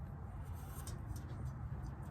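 A new cartridge-style oil filter element is handled and slid toward a plastic oil filter housing cap, with a steady low rumble and light handling noises, including a brief tick near 0.9 s. The clip ends before the element goes home; nothing has seated or clicked into the cap yet.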